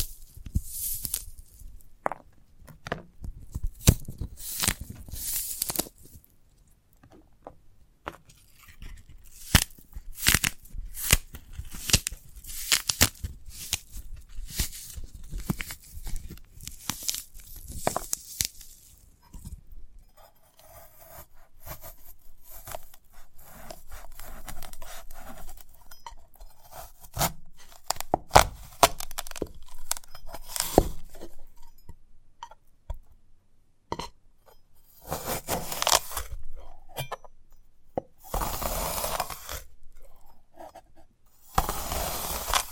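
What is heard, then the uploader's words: A sprouted coconut is handled and broken apart, with dense crackling, tearing and crunching sounds that come in quick irregular bursts. A calmer stretch in the middle brings softer scraping, and sharp, bright tearing returns near the end around 36 to 42 seconds. ASMR of a Sprouted Coconut (No Talking).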